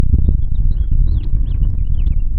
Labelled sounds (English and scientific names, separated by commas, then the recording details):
House Finch (Haemorhous mexicanus) song
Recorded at Babylon on Long Island, New York, on 21 May 1975
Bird A